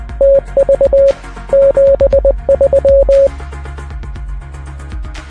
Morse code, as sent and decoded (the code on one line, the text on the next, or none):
- ...- / --... ...--
TV 73